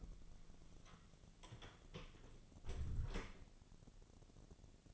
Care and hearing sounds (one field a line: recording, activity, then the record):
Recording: daily activity, microphone in the room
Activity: close door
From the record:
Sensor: 4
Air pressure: 1001.3 hPa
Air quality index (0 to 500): 186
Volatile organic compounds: 3 ppm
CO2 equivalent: 1330 ppm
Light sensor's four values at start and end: 14/33/13/14 and 16/37/15/16